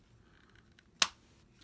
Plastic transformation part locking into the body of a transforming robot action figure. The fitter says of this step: you hear it snap into place that now it's still a little wobbly unfortunately but it's better